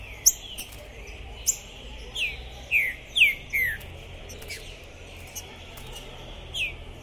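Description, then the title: Green-winged saltator delivering a brief run of four loud falling whistles, with sharp high chirps before and after. Captive trinca-ferro, 'pistoleiro' type, singing, chirping and 'macheando' (male display) while warming up for a singing contest, at the entrance of a tournament, 2021. "ESQUENTAR Seu TRINCA Piando, Cantando E Macheando Na DISPUTA. TRINCA FERRO ficou POSSUÍDO na PORTA do TORNEIO. Trinca Ferro Pistoleiro 2021"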